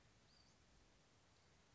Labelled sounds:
Western Flycatcher (Empidonax difficilis)
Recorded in Sonoma County, California

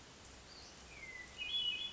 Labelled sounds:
Hermit Thrush (Catharus guttatus)
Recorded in Sonoma County, California

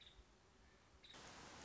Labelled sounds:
Nuttall's Woodpecker (Dryobates nuttallii)
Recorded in Sonoma County, California

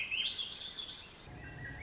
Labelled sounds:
Swainson's Thrush (Catharus ustulatus)
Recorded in Sonoma County, California

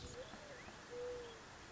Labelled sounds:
Mourning Dove (Zenaida macroura)
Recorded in Sonoma County, California

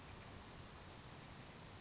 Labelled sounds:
California Towhee (Melozone crissalis)
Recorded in Sonoma County, California

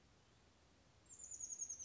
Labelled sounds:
Chestnut-backed Chickadee (Poecile rufescens)
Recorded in Sonoma County, California

